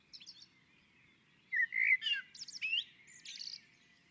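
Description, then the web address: Common blackbird song: faint high notes at first, then a loud fluted whistle and squeaky twittering notes. On a roof. "Naturinspelningar Koltrast på taket"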